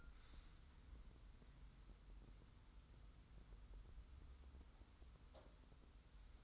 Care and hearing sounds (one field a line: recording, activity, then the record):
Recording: daily activity, microphone in the room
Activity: wipe stove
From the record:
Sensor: 3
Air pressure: 990.5 hPa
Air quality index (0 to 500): 183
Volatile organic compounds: 1000 ppm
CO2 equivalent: 5968 ppm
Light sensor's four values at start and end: 46/108/44/42 and 46/108/44/42